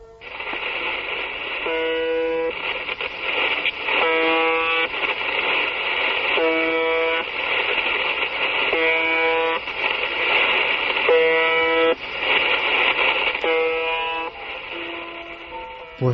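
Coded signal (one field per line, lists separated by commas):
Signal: channel marker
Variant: UVB-76 (The Buzzer)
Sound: repeated harsh one-second buzzes, about six in sixteen seconds, over steady radio hiss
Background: radio static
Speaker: Pues podría ser el clon de un camión, la sirena de un barco, pero no se llama o se llamaba UVB76.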